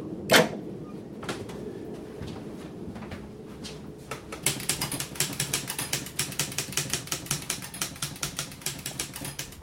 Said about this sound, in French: Je tape tout sur papier carbone.